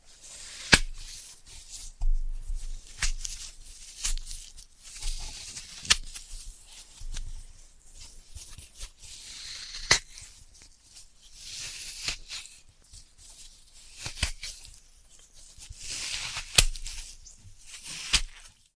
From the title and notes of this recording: Dry vs Wet Floral Foam Tapping, Cutting and Crushing. (No Talking).